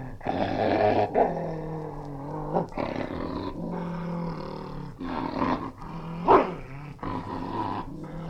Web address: springer spaniel angry snarling